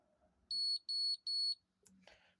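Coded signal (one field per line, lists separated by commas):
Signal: beep code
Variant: Stellar electronic safe lock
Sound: three high-pitched electronic beeps, evenly spaced, followed by a click and handling noise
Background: handling noise, quiet room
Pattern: 3 short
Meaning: Three beeps acknowledge the press-and-hold of the star key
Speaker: so we press and hold the star key. 3 beeps.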